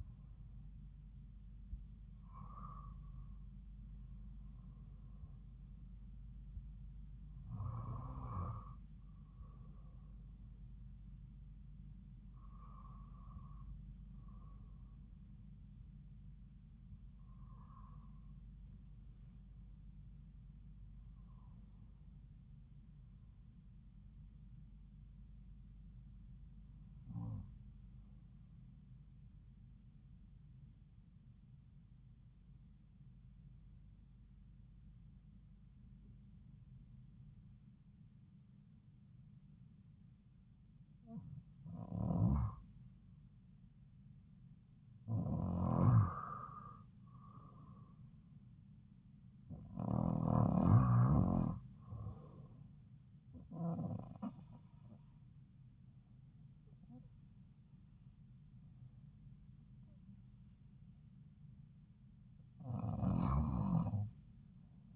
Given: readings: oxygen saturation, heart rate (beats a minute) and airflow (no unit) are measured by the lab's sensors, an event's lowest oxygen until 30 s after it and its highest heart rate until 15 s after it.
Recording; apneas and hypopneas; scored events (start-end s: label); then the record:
breathing in sleep by a smartphone at the bedside; 1
31.00-48.60 s: hypopnea (N1, oxygen 94% highest, then 90% lowest)
52.00-64.96 s: new sleep stage, REM sleep
From the record:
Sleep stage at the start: N1 (lightest sleep); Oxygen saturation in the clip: 90 to 94%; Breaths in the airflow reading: 14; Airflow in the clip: -4.8 to 4.8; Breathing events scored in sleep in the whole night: 270 in 6.1 hours asleep